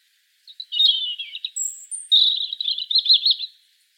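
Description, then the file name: European robin delivering a continuous warbling phrase with high piping whistles in the middle, ending in a quick jumbled trill. "Erithacus rubecula"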